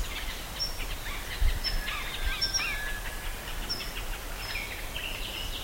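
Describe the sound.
Bird calls: faint chirps and a few very short high whistles recurring about once a second, under steady background noise.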